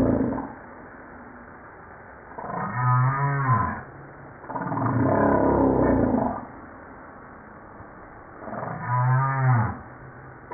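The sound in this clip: Humpback whale song units: low harmonic moans with stacked overtones alternate with a broad, rough roaring unit, separated by quiet gaps.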